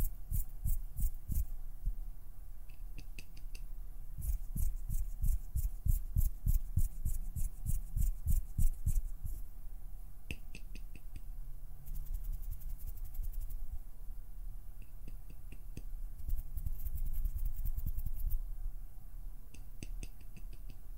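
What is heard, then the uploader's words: Quick plucking and pinching sounds come in bursts of rapid, regular clicks, densest around the first nine seconds and again near seventeen seconds. Each tap is crisp up top with a soft low thump. A faint steady hum runs underneath throughout. PLUCKING, PINCHING, FINGER FLUTTERING, PERSONAL ATTENTION - NO TALKING.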